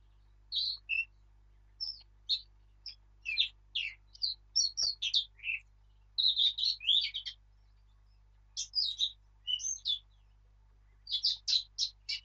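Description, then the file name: Eurasian blackcap song, a long rambling warble of bright chirps and varied notes in uneven bursts separated by short silences. "Sylvia atricapilla"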